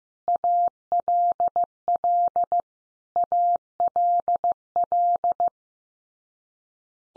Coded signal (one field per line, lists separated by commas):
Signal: Morse code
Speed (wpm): 15 wpm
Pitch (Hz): 700 Hz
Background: none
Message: ALL ALL